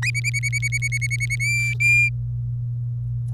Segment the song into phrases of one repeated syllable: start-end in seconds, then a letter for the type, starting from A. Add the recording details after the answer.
0.02-1.35 A, 1.40-2.09 B. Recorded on 24 April 2018 at 07:18. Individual llb3